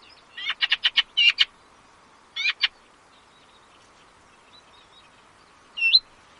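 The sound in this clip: Eurasian reed warbler song fragments: a quick burst of dry, repeated chattering notes, a short pair after a pause, then one more note after a longer silence.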